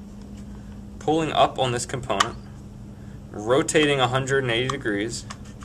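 On a Graco Pack 'N Play playard with reversible napper and changer, the plastic napper/changer component is pulled up and rotated 180° in its bassinet frame after the button is pressed, while someone talks, with faint handling noise between words. The part has not yet been pushed down, and nothing has snapped into place.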